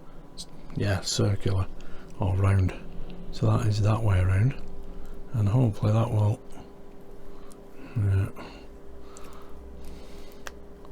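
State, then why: Seated. Someone talks while a small plastic hydraulic pressure adjuster, with one D-shaped and one round peg, is pushed into two holes on the handlebar brake unit of a DeAgostini YZR M1 model. It snaps into place with a sharp click at 10.5 s.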